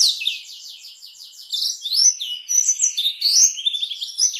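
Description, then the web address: Black-throated canary song, a lively, continuous high warble of quick chirping notes, buzzy trills and sweeping whistles, with no other sounds. "blackthroat suara-blackthroat"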